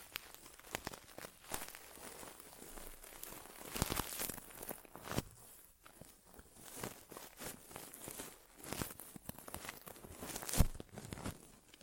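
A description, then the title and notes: Close rustling and crinkling sounds from an ASMR ear exam, with no talking. Dense, irregular scratches and crackles come and go throughout, with sharper bursts around 4 seconds, 5 seconds and 10.5 seconds, some bright and hissy, against a low, soft background rumble. ASMR Inner Ear Exam (No Talking).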